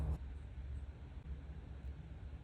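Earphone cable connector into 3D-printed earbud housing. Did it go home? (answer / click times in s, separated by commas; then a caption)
no / none. An earphone cable connector is handled at a 3D-printed earbud housing for a CI-22955 balanced-armature driver (133 dBA, 80 ohm, for crystal radios), ahead of measuring resistance and inductance. Only a steady low hum and rumble with faint broadband hiss is heard, slightly louder in the first moment. Nothing has seated or clicked yet.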